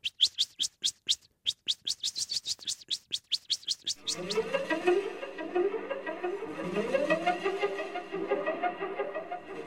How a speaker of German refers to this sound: Nun kommt die Katze näher. Man braucht es gar nicht zu sehen, man hört es, dass die Katze kommt. Kommt die Katze noch näher, fängt sie an zu tixen. Das kann ich gar nicht so scharf und so schrill, wie die Amsel das kann.